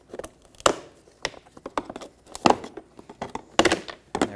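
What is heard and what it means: An old plastic fog light bezel is pried out of the front bumper cover of a 2013-2018 Hyundai Santa Fe, with crinkling plastic creaks and scrapes throughout. Its clips pop loose with sharp snaps at 0.7 s and 3.6 s, and the bezel comes free.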